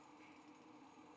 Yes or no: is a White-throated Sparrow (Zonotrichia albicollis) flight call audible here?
no